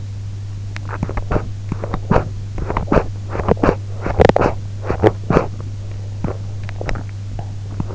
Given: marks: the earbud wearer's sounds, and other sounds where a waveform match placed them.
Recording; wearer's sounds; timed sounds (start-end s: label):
sounds in sleep by an in-ear microphone; teeth grinding, swallowing
0.72-5.95 s: teeth grinding
6.21-7.95 s: swallowing